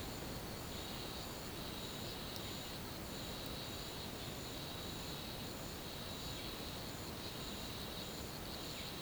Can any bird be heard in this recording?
no